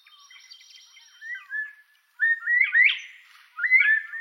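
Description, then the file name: Northern bobwhite song: after faint high chatter, loud whistled phrases that swoop sharply upward in the second half. "canto da perdiz da virginia"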